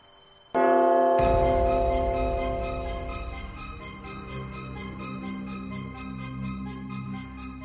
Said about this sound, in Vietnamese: Cùng lúc đó trong các hệ khác cũng có tiếng chuông vang vọng, toàn bộ đỉnh núi trong đảo hạ viện này nháy mắt đều có tiếng chuông vang lên.